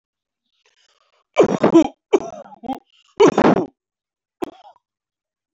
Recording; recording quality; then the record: heavy voluntary cough; excellent, no background noise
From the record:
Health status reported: respiratory illness, not identified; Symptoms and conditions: breathing difficulty, hypertension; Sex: male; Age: 56 years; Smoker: yes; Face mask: not worn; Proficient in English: yes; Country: India